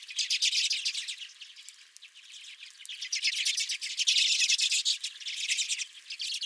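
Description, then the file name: Redpolls chattering loudly, a dense rattle of quick buzzy twitters from several birds, pulsing in waves throughout. Redpolls at the recordist's own bird feeder. "Redpolls at My Feeder"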